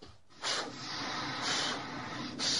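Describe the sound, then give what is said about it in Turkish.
A blacksmith's bellows pumped to fire up the forge for working iron, in three strong pushes, each a loud breathy whoosh of rushing air that swells and fades, with no voices. “Hadi al körüğü, başla bakalım”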